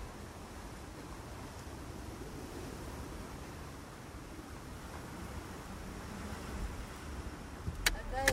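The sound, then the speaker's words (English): A steady, low rumbling roar of a passing truck, broad and even throughout, swelling slightly near the end with a few sharp clicks at the close. “Now a truck going past. Noch ein Laster.”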